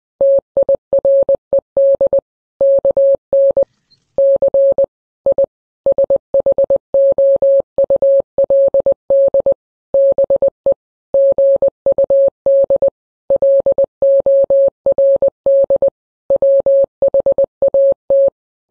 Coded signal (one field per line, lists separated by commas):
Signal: Morse code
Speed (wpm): 20 wpm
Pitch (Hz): 550 Hz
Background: none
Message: TIRED KN C I SHOULD BE GUD LORD WHAT